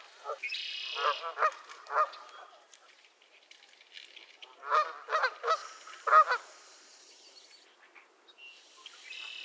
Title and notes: Theraphonia - Geese at Miner's Marsh. Geese squabbles at Miner's Marsh, Annapolis Valley, Nova Scotia